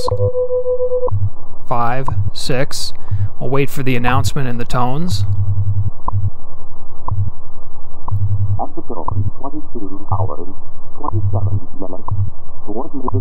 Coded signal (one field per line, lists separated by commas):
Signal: radio time signal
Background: speech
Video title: Using WWV to align your transceivers reference frequency | oscillator | Signal Phantom